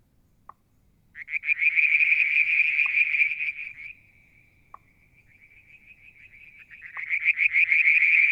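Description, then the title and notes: Frogs calling: a fast, pulsed high trill that swells, fades to a thin steady tone, then returns, with short lower knocks about every two seconds. Striped marsh frog, Verreaux's tree frog and an unidentified frog calling one evening near a water tank, Mount Wilson, New South Wales, Australia, July 2022. "Frog song, Mount Wilson, New South Wales, Australia in July 2022 – by Alexander Moffatt. Limnodynastes Peronii, Litoria Verreauxii and a mystery frog one evening near the water tank"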